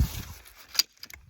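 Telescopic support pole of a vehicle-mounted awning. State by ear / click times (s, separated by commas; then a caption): seated / 0.8 s. A telescopic support pole on a Supapeg Rapid Wing 5 270-degree awning mounted on a T31 Nissan X-Trail is dragged out over a low rumble until its locking button clicks into the extended position with a sharp click at 0.8 s. A few faint ticks follow around 1.0 to 1.1 s, and the pole is seated.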